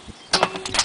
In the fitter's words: There you go. That little click indicates that I have reached the torque specification and that I should stop turning the wrench.